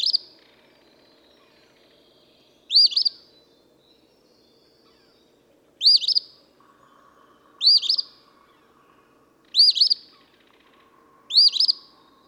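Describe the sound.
Eastern phoebe singing several harsh two-note phrases at irregular gaps, over a low hum and a faint steady buzz.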